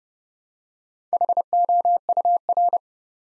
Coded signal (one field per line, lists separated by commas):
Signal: Morse code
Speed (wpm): 30 wpm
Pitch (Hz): 700 Hz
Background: none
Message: HOUR